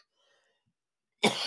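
After a second of near silence, an adult woman lets out one sudden harsh cough while smoking a cannabis pre-roll, and it is cut off mid-sound.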